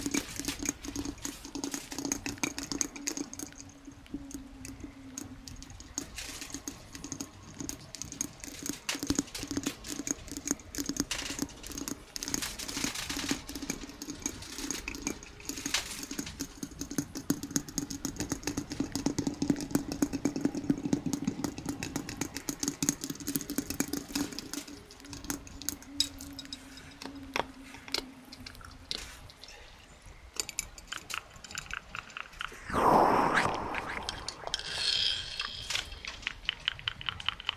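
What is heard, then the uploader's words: Quick, irregular tapping on a jar runs throughout, dense clicks crowding together with brief lulls. A low steady hum sits underneath for most of the recording, fading out around twenty-five seconds. Near thirty-three seconds a sudden bright burst rises sharply, with fizzy bubbling after it. NO TALKING OR WHISPERING. Jar tapping and bubbles.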